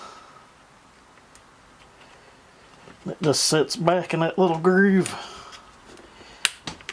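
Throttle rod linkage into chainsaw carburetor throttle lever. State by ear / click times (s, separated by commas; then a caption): seated / 6.4 s. While reinstalling the carburetor on a Stihl MS250 chainsaw, the throttle rod linkage is seated back into its little groove on the carburetor throttle lever so it locks in. Someone talks from about 3 to 5 seconds, then a sharp snap at 6.5 s is followed by a few fainter ticks. The throttle rod is seated and locked in place.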